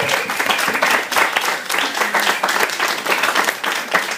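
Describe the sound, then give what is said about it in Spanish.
A crowd applauds steadily for Spider-Man and Stan Lee and Steve Ditko at the end of a talk on Spider-Man, many hands clapping in a dense, continuous patter that stays fairly loud throughout with no pauses and no voices standing out. “Y a todos, un aplauso para el Hombre Araña, Stan Lee y Steve Ditko.”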